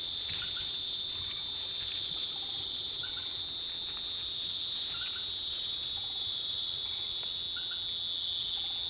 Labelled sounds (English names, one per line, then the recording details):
none
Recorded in pastures near Puerto Asís, Putumayo, Colombia, on 24 March 2025 at 22:30
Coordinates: 0.487, -76.322
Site G077